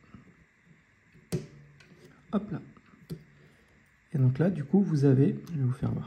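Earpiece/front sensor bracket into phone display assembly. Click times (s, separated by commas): 1.3 s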